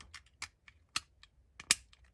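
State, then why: Seated. Fresh button-cell batteries are fitted into the battery compartment of a vintage Nintendo Game & Watch Mickey Mouse Widescreen (MC-25) handheld LCD game. A run of light, sharp plastic ticks and taps ends in the loudest, sharpest click at 1.7 s, as the batteries seat in place.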